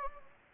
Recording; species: mosquito wingbeat signal from an infrared sensor; Anopheles gambiae